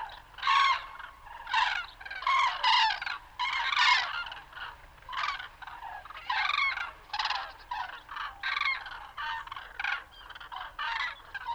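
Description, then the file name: Common crane trumpeting from several birds, short harsh rolling bursts repeated almost once a second, overlapping and uneven. "Grue-cendrée-Grus-grus"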